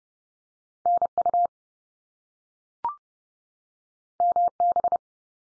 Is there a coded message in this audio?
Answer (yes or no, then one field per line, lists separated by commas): yes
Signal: Morse code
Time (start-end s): 0.9-5.0 s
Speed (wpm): 30 wpm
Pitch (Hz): 700 Hz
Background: none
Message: NU MB